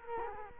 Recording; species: mosquito wingbeat signal from an infrared sensor; Culex quinquefasciatus